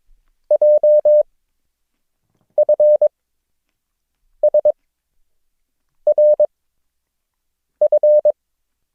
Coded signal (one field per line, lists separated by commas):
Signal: Morse code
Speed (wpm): 22 wpm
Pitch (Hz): 600 Hz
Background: none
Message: JFSRF